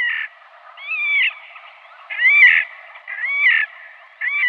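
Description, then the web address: Slavonian grebe calls, loud squealing and trilling nasal notes that rise then fall, repeated roughly every second. "Schulze Peter Slavonian Grebe calls"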